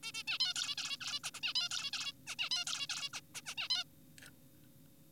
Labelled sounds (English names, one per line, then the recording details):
Zebra Finch
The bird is an adult
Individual g4p5U